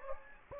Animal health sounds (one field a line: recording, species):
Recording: mosquito wingbeat signal from an infrared sensor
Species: Anopheles gambiae